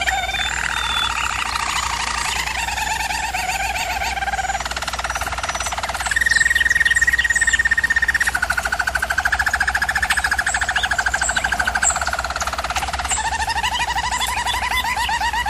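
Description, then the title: German Roller canary singing unbroken rolling trills that switch between pitch levels every few seconds, a fast rattling texture throughout, with a low background hum. Canary training recording of a German Roller canary singing. "German Roller Canary Singing - Canary Training Vid"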